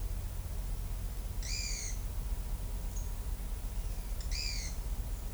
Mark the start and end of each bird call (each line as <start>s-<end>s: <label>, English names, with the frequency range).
1.42s-1.96s: Pale-eyed Pygmy Tyrant (1.7-9.7 kHz)
4.16s-4.71s: Pale-eyed Pygmy Tyrant (1.6-9.6 kHz)